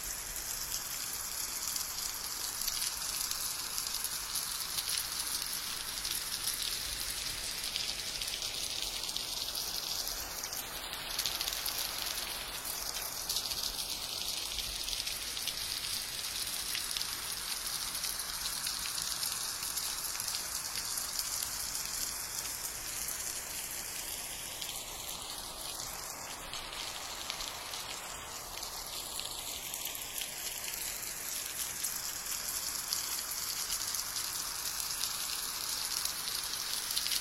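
Steady, soft rain hisses evenly throughout, a dense bright patter with little low rumble. Two slow sweeping whooshes rise and fall, one around eleven seconds and another near twenty-six to twenty-eight seconds, like something passing by.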